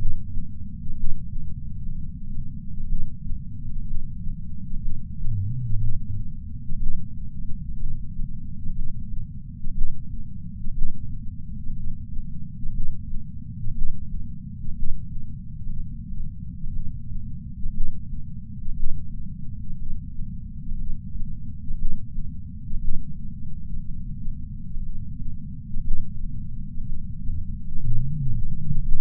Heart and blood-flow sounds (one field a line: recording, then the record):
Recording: heart sounds by patch sensor on the chest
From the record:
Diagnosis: coronary artery disease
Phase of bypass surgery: preoperative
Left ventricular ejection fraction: 56.8%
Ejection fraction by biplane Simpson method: 51.5%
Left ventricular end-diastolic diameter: 44 mm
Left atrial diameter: 36 mm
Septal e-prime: 5.5 cm/s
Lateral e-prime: 7.2 cm/s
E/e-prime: 9.8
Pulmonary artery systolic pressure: 20 mmHg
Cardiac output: 4.1 L/min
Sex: male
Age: 71 years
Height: 160 cm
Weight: 67 kg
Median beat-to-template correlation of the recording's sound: 0.83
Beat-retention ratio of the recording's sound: 0.99